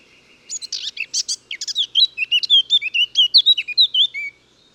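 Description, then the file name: Eurasian blackcap song: a few harsh scratchy notes lead into a rapid, rich series of clear fluted whistles swinging up and down, ending on a softer note. "Sylvia atricapilla"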